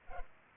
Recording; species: mosquito wingbeat signal from an infrared sensor; Culex pipiens